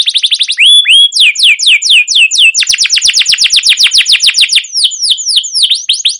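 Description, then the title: Canary song: brisk trill, a pair of rising whistles, then long runs of steep downslurred notes forming a continuous rolling trill. Long rolling canary song with cuit cuit calls, used as a lure and model to train other canaries. "CUIT CUIT NGEROL LANGSUNG GACOR PANJANG Kenari Ini AMPUH Utk Pancingan KENAR. Masteran Suara Burung Kenari Gacor Panjang cuit cuit Ngerol untuk Pancingan Kenari!"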